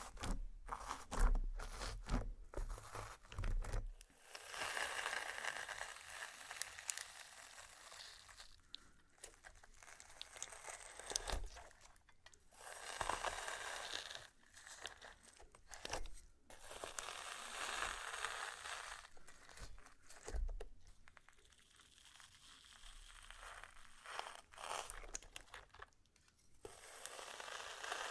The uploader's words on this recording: ASMR SLIME! 5 Satisfying Slimes For Sleep (No Talking).